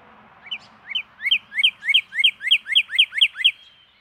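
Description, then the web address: Northern cardinal song: a series of about ten loud slurred whistles, repeated roughly three times per second, growing louder at first. "birdsongforthecurious Northern Cardinal"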